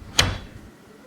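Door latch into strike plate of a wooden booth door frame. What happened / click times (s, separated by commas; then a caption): The door latch clicked home / 0.2 s. A door latch slides into the strike plate on the frame of a wooden vocal booth door, which is slowly closed after the strike hole was enlarged and the screw plate fitted. A single sharp, bright click lands at 0.2 s with a low thump that fades over about half a second. The door is latched.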